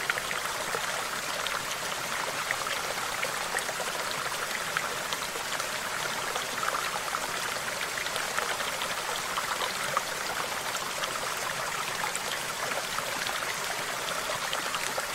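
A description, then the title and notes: Water cascades and splashes steadily into a pool, a dense, unbroken rush that never rises or falls. The sound is bright and hissy, with fine trickling and dripping detail on top and little low rumble. Relaxing Waterfall In A Tropical Forest. The relaxing sounds of cascading water as it flows and crashes into pools below. Trickling Water.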